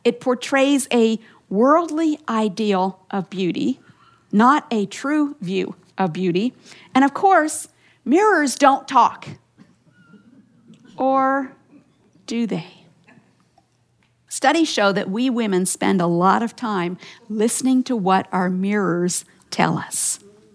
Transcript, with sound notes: It portrays a worldly ideal of beauty, not a true view of beauty. And, of course, mirrors don’t talk! (laughter) Or... do they? Studies show that we women spend a lot of time listening to what our mirrors tell us.